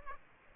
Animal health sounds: mosquito wingbeat signal from an infrared sensor; Aedes aegypti

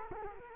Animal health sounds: mosquito wingbeat signal from an infrared sensor; Culex quinquefasciatus

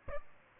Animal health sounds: mosquito wingbeat signal from an infrared sensor; Aedes albopictus

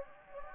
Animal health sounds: mosquito wingbeat signal from an infrared sensor; Anopheles gambiae

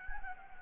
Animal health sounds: mosquito wingbeat signal from an infrared sensor; Anopheles gambiae

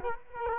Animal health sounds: mosquito wingbeat signal from an infrared sensor; Culex quinquefasciatus

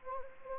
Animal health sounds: mosquito wingbeat signal from an infrared sensor; Anopheles gambiae

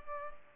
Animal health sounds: mosquito wingbeat signal from an infrared sensor; Culex pipiens

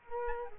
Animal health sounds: mosquito wingbeat signal from an infrared sensor; Aedes aegypti

